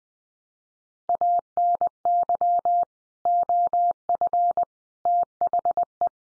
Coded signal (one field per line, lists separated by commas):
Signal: Morse code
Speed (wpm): 20 wpm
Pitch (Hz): 700 Hz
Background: none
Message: ANY OF THE